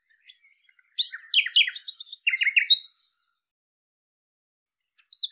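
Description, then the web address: Common nightingale song, a rich phrase of rapid varied chirps and twittering notes, followed by silence and a brief high note at the end. "cianscape birddata Deverinetal 2025"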